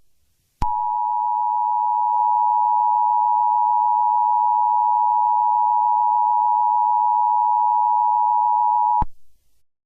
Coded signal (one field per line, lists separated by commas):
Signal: Emergency Alert System (SAME) tones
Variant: 853 and 960 Hz attention tone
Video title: EAS Scenario #11: Lost Boy II